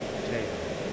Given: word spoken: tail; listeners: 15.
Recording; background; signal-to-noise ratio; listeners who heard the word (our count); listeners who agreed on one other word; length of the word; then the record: one English word in noise, from a listening test; speech-shaped noise; -4.0 dB; 4 of 15; 6 of 15; 0.53 s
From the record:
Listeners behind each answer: 6, 4, 1, 1, 1, 1, 1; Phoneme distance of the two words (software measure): 7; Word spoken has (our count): 1 syllable, 3 phonemes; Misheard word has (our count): 2 syllables, 4 phonemes, stress on syllable 1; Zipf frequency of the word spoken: 4.45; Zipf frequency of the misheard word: 5.10